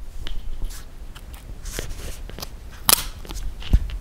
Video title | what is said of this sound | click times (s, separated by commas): Dell XPS 15 9560 RAM UPGRADE!!! | you hear the click that means that they are secured | 2.9 s